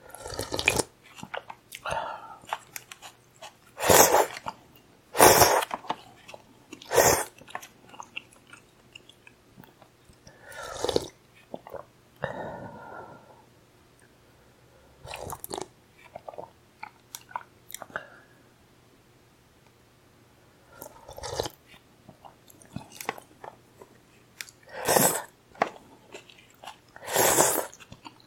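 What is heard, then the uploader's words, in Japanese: Someone eating soba noodles, with wet chewing and sharp slurping bursts at irregular intervals, loudest near 4, 5, 7, 25 and 28 seconds. 咀嚼音 蕎麦を食べる音。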